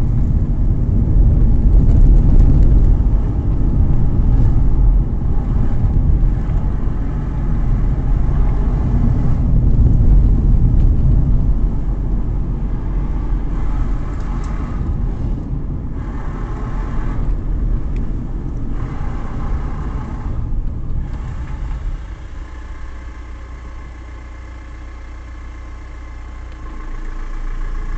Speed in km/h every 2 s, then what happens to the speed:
37, 35, 30, 33, 36, 33, 31, 28, 30, 25, 18, 0, 0, 6.
0-4 slows to 30. 8-22 slows to 0. 22-25 standing. 25-28 pulls away to 6.